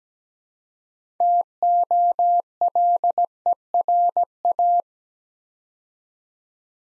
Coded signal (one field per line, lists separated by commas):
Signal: Morse code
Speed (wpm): 17 wpm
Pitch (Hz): 700 Hz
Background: none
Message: TOLERA